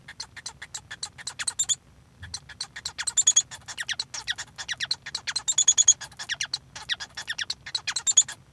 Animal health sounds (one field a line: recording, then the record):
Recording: song of a male Bengalese finch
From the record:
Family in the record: son of father 1